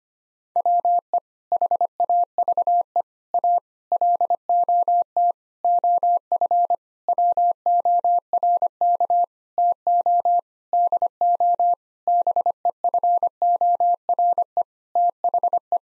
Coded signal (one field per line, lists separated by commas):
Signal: Morse code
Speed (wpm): 25 wpm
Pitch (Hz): 700 Hz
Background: none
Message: WE HAVE A LOT OF WORK TO DO BEFORE THE